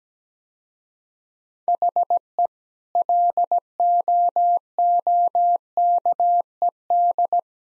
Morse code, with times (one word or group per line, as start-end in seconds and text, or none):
1.7-2.5 HE
3.0-7.4 LOOKED